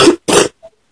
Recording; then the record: coughing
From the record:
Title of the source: 30 Chesty and wet cough